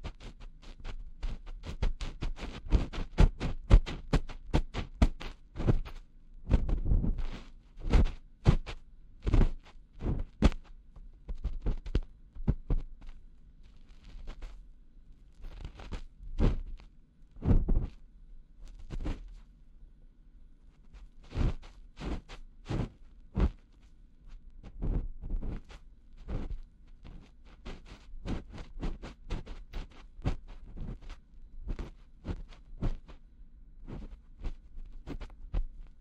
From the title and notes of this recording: 手指掏耳．梵天．凡士林按摩 | EarMassage | NO Talking.